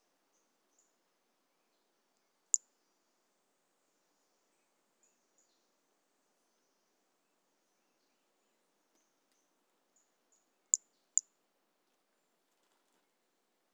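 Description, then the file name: Toadlet call: a single sharp high note, then later a close pair of high notes, with several much fainter high ticks scattered through the quiet. One individual, numbered 04, recorded on 18 January 2018 and later collected as a specimen. "Brachycephalus mirissimus 18 jan 2018 individual 04. A E Confetti"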